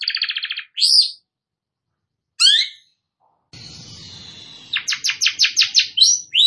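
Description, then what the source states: Long-tailed shrike song in short bursts: a rapid buzzy trill, swooping whistles, a burst of hissing noise, then a quick series of harsh notes. Bird described as 'gacor', meaning singing vigorously.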